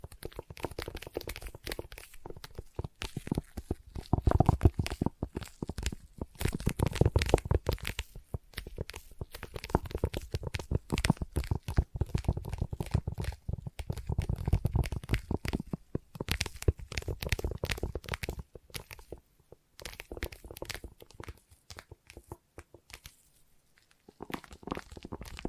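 Sticky tapping and tacky peeling sounds arrive as dense, irregular bursts of crackly clicks, with short pulls and crinkles woven through. The activity is busiest and loudest in the first fifteen seconds, thins into sparser taps after about eighteen seconds, then briefly picks up near the end.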